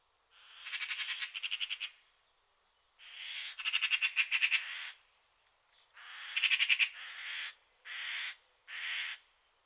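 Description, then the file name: Eurasian magpie giving harsh rattling chatters in several bursts, longer ones first and shorter ones towards the end, with short silences between them. "Pica pica"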